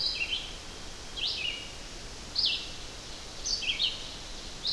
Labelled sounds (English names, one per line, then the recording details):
Red-eyed Vireo song
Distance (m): 20 m
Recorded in boreal forest in Alberta, Canada, on 12 June 2016 at 07:31
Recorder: SongMeter 3, array SBT-3-18
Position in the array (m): 203 m, 128 m